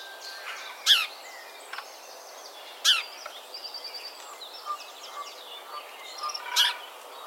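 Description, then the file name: House sparrow giving three loud, coarse chirps spaced irregularly, with many fainter high chirps and twitters scattered throughout the background. "Passer domesticus"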